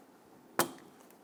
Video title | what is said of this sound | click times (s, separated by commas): How to Replace Headlight Mounting Brackets 2008-2013 Infiniti G37 | you're going to feel inh here it snap into place now we want to follow this harness back up | 0.6 s